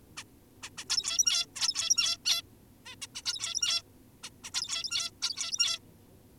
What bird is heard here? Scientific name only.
Taeniopygia guttata